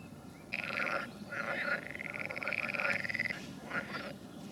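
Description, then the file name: Frog calls: pulsed, rattling trills in bursts of half a second to over a second, with short gaps between them and a steady hiss behind. "Ni Gi D - Nature Recordings - Frogs"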